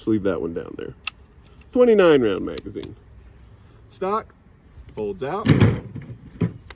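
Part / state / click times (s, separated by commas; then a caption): folding stock into its open locked position on the receiver / seated / 6.7 s. Someone talks while the folding stock of a compact submachine gun is swung out toward its open position on the receiver. A sharp metallic snap at 6.7 s marks the stock locking open.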